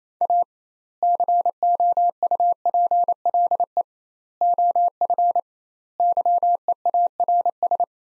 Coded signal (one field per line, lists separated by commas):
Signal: Morse code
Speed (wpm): 28 wpm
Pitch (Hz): 700 Hz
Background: none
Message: A COUPLE OF YEARS